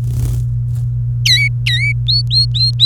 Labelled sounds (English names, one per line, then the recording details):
Domestic Canary song
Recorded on 28 April 2018 at 13:32
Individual llb3